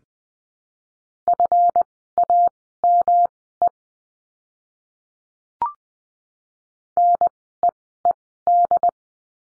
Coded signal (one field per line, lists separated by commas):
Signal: Morse code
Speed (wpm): 20 wpm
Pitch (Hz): 700 Hz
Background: none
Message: FAME NEED